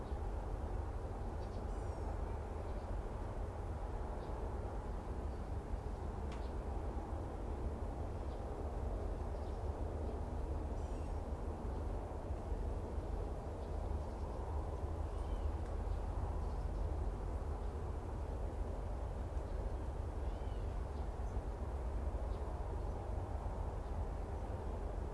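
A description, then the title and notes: Steady low road noise rumbles throughout, with faint scattered bird chirps above it, several clustered around six, fifteen and twenty-two seconds. Florida Nature Preserve Trip. Everglades Sounds,Birds Chirping. Swamp.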